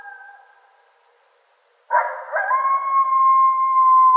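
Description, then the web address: Coyote howls: a fading tone at first, a pause, then a rough yelp sliding into a long steady howl that swells in loudness to the end. Several coyotes, recorded 2 February 2013. "Coyote 2013 02 02 Coyotes"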